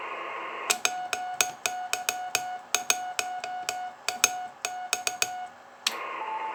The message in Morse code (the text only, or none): PY1AX